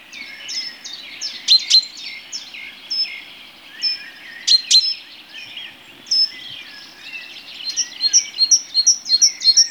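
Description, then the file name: Tit calls: a busy run of high, sharp chirps and buzzy notes, growing into a fast, evenly repeated series of bright notes toward the end. "Sikorka"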